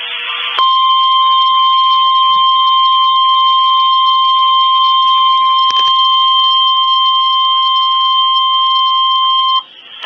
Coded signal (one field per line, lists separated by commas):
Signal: Emergency Alert System (SAME) tones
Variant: 1050 Hz attention tone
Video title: TOR Here, TOR There.... EAS Alerts from 11/26/19 (EAS #172-179)